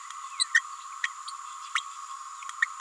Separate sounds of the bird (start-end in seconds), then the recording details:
0.39-0.45, 0.54-0.61, 1.03-1.09, 1.75-1.83, 2.61-2.66. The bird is a female. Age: 29 days. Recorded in a nest box in Venezuela. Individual 17B31A3